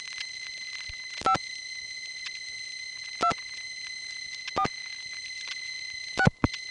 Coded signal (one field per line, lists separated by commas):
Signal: DTMF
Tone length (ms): 90 ms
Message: 5 2 4 6